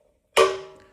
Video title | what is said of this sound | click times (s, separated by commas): Large Engine Coolant Expansion Oil Catch Can Combo Tank - Fits 99-07 GM Truck SUV Silverado & Sierra | You hear that pop? Now your cap still moves. | 0.4 s